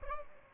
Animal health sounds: mosquito wingbeat signal from an infrared sensor; Aedes albopictus

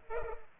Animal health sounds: mosquito wingbeat signal from an infrared sensor; Culex pipiens

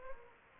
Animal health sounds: mosquito wingbeat signal from an infrared sensor; Anopheles gambiae

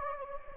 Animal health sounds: mosquito wingbeat signal from an infrared sensor; Anopheles gambiae

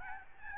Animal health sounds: mosquito wingbeat signal from an infrared sensor; Aedes albopictus

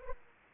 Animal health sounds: mosquito wingbeat signal from an infrared sensor; Aedes aegypti

